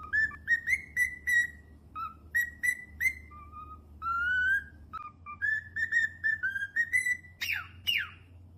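Cockatiel whistling a melodic tune of short and drawn-out notes, with two sharp screechy downward calls near the end.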